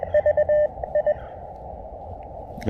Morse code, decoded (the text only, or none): V I